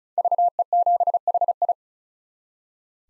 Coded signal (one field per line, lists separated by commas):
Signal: Morse code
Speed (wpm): 34 wpm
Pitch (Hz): 700 Hz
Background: none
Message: VE7HI